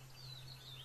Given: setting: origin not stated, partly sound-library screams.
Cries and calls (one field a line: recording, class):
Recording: one-second piece from a danger detection set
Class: normal situation